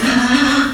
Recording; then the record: squeal of a Yucatan mini pig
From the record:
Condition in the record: after surgery on the right vocal fold (resection and tissue-engineered implant); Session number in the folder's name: 6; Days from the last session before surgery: 40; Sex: female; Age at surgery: 19 weeks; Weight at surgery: 25 kg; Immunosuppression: prednisolone